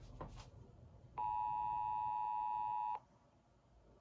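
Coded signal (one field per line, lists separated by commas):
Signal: Emergency Alert System (SAME) tones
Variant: 853 and 960 Hz attention tone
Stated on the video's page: 911 telephone outage emergency alert for Forest, Pennsylvania.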